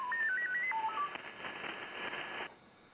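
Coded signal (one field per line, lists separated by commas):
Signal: FT8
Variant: SuperFox mode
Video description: A second FT8 QSO with the Jarvis Island DXpedition, this time on 20 Meters.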